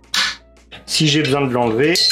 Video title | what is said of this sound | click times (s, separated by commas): Vous n’avez jamais vu ça : WC MÉTAMORPHOSÉ avec une FIXATION EXTRÊME ! | Hop, on baisse ça et ça va se clipser à ce niveau-là. | 0.1 s